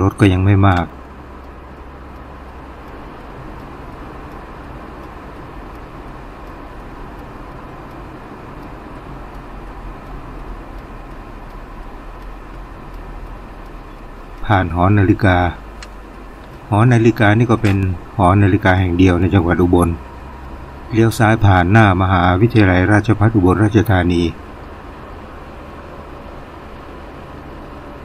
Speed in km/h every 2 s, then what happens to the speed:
47, 47, 46, 44, 41, 39, 32, 26, 26, 28, 30, 32, 33, 33.
0-14 slows to 26. 14-28 speeds up to 33.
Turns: none.